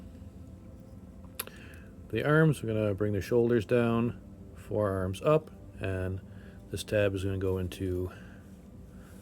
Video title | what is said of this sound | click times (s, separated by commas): Pocket Toys Ruiner B (Bruticus) - Vortex Review (PART 4) | Push that down to hear a click. | 1.4 s